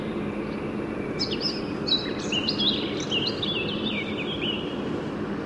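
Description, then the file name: Eurasian blackcap song, a run of quick chirps and warbled notes lasting a few seconds, over even low background noise. "Sylvia atricapilla"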